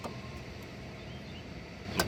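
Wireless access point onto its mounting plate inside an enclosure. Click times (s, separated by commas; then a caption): 2.0 s. A wireless access point is slid onto its standard Cisco metal mounting plate inside an enclosure, where it is hard to see. Steady low scraping and handling noise carries several faint hits before a sharp, loudest click at 2.0 s, when the left side of the access point locks onto the plate and seats.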